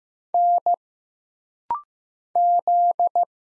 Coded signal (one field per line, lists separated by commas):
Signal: Morse code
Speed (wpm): 15 wpm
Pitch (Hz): 700 Hz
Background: none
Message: N Z